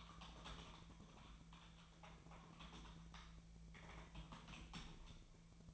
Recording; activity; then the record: daily activity, microphone in the room; typing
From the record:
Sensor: 1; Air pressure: 1000.2 hPa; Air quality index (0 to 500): 141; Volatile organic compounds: 3 ppm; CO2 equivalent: 1329 ppm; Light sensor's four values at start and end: 31/78/33/40 and 31/78/33/39